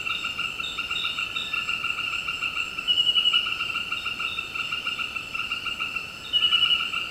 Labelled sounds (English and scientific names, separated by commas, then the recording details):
none
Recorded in secondary vegetation near Puerto Asís, Putumayo, Colombia, on 18 February 2024 at 18:30
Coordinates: 0.472, -76.331
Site G6371